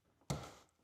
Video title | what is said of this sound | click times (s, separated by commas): EVERYTHING IS BROKEN! FML Episode 5,423,069 | Hear that click? | 0.3 s